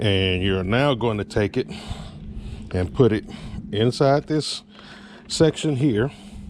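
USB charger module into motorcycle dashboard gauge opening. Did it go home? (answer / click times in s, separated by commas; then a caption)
no / none. A man talks while handling a USB charger module with its spacer, about to push it into the dashboard opening where the temperature gauge used to sit on a 2013 Can-Am Spyder RT Limited motorcycle. Nothing has snapped in or seated yet.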